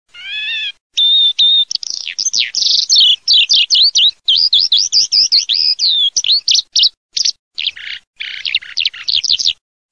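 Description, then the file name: Eurasian skylark song, a fast stream of high warbled and trilled notes with sweeping slurs and buzzy bursts, after a brief tonal note at the start. "ALLODOLA"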